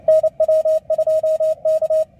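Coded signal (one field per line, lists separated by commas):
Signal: Morse code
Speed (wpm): 27 wpm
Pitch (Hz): 630 Hz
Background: radio noise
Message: NW2K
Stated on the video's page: CW during the ARRL 160M contest, comparing a 160M kite antenna with a 160M top-loaded vertical on Lea Island.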